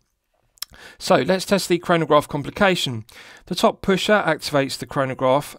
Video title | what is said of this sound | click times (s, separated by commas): Baltic Tricompax Chronograph 4K Watch Review | it does have hacking pushing it back in it's got a nice positive click and that restarts the movement | 0.6 s